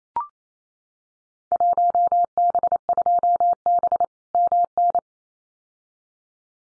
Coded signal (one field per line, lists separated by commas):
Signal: Morse code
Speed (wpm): 28 wpm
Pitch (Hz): 700 Hz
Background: none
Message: 1B2B MN